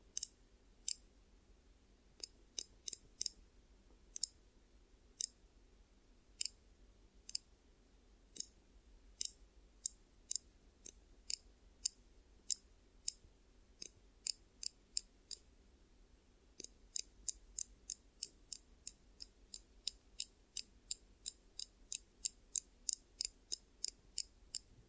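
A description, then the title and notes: Crisp scissor snips, bright and sharp, come in irregular runs and then a fast steady string after sixteen seconds, over a low hum. ASMR Triggers Over, Under and Inside Your Ears. (No Talking).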